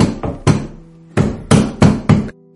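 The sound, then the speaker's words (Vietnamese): Heavy, booming thuds as a man impatiently pounds with force on the door of a home: two blows, a short pause, then four rapid, forceful bangs in a row, each loud and resonant with a brief ringing tail and no voices. “Anh nóng vội dùng sức đập cửa.”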